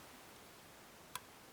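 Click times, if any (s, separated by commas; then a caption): 1.2 s. A pick pushes up the first pin of a 6-pin GEGE Grundmann lock cylinder. Against a quiet, steady background, a single short, sharp click sounds at 1.2 s as the pin sets.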